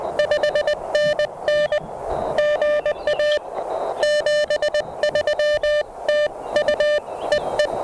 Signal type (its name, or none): Morse code